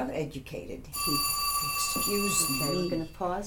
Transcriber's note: phone rings